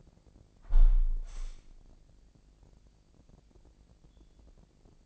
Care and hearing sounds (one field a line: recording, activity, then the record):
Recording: daily activity, microphone in the room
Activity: close window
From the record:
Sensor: 5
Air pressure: 1012.4 hPa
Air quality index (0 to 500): 163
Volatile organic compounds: 2 ppm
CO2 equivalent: 1104 ppm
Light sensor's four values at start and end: 69/166/68/73 and 69/166/68/73